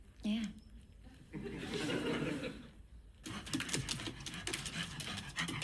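A dog pants in quick, breathy bursts that grow louder and more rapid toward the end, following a stretch of murmured vocal sounds and rustling.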